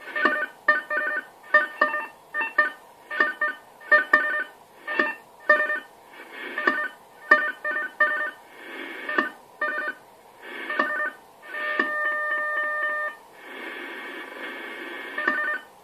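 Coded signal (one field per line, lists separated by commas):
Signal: unidentified radio signal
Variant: AMIS smart meter powerline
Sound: rapid repeating bursts of buzzy multi-tone chirps, about two per second, then steady warble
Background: radio static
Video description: AMIS Signal der Energie-AG Oberösterreich im Langwellenbereich stören unter anderem den DCF-77 Zeitzeichenempfang sehr stark!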